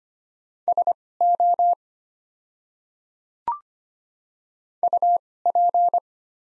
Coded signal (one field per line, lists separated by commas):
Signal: Morse code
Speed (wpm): 25 wpm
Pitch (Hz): 700 Hz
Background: none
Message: SO UP